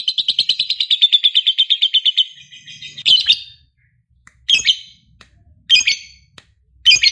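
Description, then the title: Lovebird song, a quick buzzy chattering phrase for two seconds, followed by several short harsh squawk-like bursts spaced about a second apart. Lovebird said to be lazy to sing, becoming eager and singing spontaneously, immediately 'narik' (long continuous song). "LOVEBIRD Malas Bunyi JADI GREGET SPONTAN Langsung NARIK"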